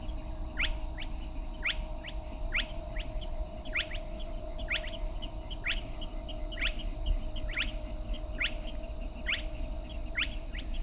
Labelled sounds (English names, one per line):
Spotted Crake